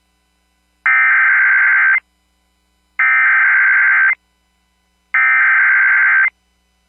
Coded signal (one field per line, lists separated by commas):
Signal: Emergency Alert System (SAME) tones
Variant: header bursts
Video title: Mississippi and Louisiana still want some... | EAS Alerts from 11/24/2022 (EAS #2007-2029)